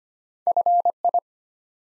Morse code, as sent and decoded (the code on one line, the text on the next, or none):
..-. ..
FI